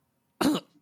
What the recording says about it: That was like a cough into like me trying to say something as a cough.